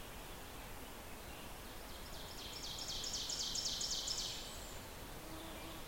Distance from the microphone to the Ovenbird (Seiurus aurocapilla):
about 70 m